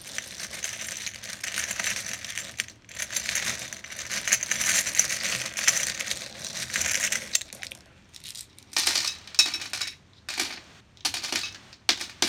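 Buttons in a jar rattle and clatter in a dense, bright, clicking rush for the first seven seconds, swelling and easing as they are shaken. After a short pause, the last few seconds break into separate, sharper bursts of shaking with gaps of quiet between them.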